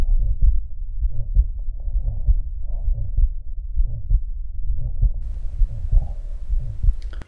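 Heartbeat at about 65 beats a minute in a man over 70 with severe anaemia, with a low, musical systolic innocent Still's murmur and, over it, a higher-pitched crescendo-decrescendo systolic murmur from aortic valve sclerosis without valve dysfunction. The left ventricle is hyperdynamic.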